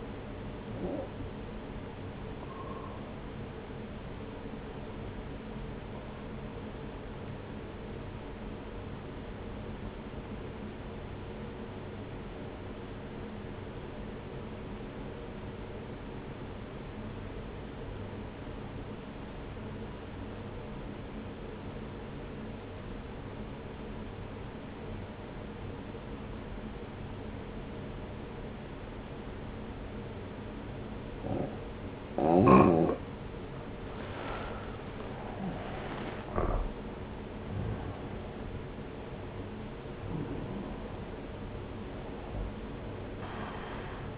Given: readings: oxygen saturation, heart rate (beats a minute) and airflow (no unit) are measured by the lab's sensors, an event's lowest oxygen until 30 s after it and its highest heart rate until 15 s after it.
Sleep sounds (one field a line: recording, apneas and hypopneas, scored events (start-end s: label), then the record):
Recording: breathing in sleep by a voice recorder at the bedside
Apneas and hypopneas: 1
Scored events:
5.00-36.10 s: obstructive apnea (N1, oxygen 95% highest, then 87% lowest)
From the record:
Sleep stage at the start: N1 (lightest sleep)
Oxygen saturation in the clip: 89 to 95%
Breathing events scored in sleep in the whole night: 303 in 8.1 hours asleep